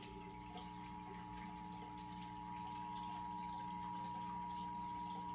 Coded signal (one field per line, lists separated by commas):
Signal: Emergency Alert System (SAME) tones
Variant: 853 and 960 Hz attention tone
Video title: Ventura County Required Monthly Test (EAS #1343-1359) 10/3/23